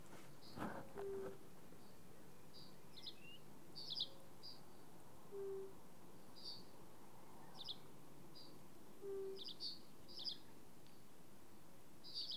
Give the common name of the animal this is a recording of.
Fire-Bellied Toad